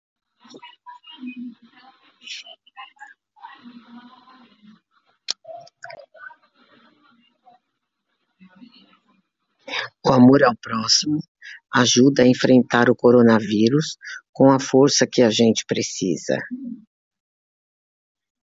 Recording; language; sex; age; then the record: spoken sentence; Brazilian Portuguese; female; 60 to 69 years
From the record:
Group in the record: control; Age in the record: 66 years